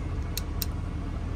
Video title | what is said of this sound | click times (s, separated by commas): Snap On new 3/8 locking flex head ratchet vs 1/2 locking flex head | you can hear it click | 0.4 s, 0.6 s